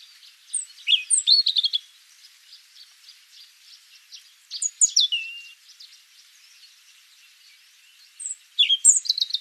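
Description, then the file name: European robin song in brief high phrases of quick tinkling notes and a falling whistle, three bursts, with a continuous shrill insect hum behind. "Erithacus rubecula"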